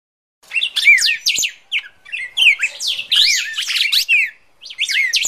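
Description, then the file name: Red-crested Cardinal fighting call: rapid bursts of slurred, warbled whistles and sharp chirps, broken by short pauses, with a brief gap near the end. Red-crested Cardinal giving a fighting (tarung) call. "suara burung red crested cardinal tarung omkicau"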